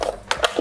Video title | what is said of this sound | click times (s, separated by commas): Companion Lithium 60L Single Zone Rechargeable Fridge/Freezer | We slide that into place, the fridge beeps when it's locked into place. | 0.3 s